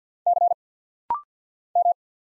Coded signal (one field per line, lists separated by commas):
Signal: Morse code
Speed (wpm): 50 wpm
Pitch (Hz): 700 Hz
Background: none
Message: C M